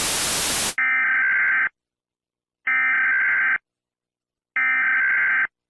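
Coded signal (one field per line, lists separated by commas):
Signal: Emergency Alert System (SAME) tones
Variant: header bursts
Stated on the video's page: Fictional simulated EAS scenario.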